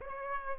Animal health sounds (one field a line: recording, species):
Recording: mosquito wingbeat signal from an infrared sensor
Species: Aedes aegypti